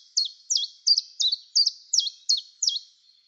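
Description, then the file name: Common chiffchaff song of eight clipped, high, downward-sliding notes, repeated briskly and evenly. "tjiftjaf"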